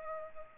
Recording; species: mosquito wingbeat signal from an infrared sensor; Culex pipiens